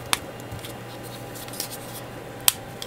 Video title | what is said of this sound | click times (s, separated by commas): *GundamCustoms* 1/100 Strike Gundam Ootori Custom - Part 9 | go snaps into place | 2.5 s